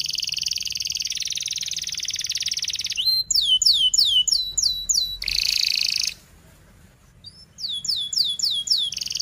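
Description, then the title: Canary song opening with a long buzzy trill, then rapid repeated downward-slurred whistles, another buzzy burst, a short pause and more slurred notes. Canary song used as a lure to teach young canaries to sing; described as a fast, dense 'cuit cuit' style song. "Kenari Gacor Speed RAPAT Cuit Cuit Ngero L Suara Bagus Untuk Pancingan Kenari Paud Belajar Bunyi"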